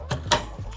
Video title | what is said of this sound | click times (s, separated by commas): PC Gamers are VERY spoiled by today's standards... | Oh, such a satisfying satisfying click. | 0.3 s